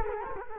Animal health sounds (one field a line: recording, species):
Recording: mosquito wingbeat signal from an infrared sensor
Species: Culex quinquefasciatus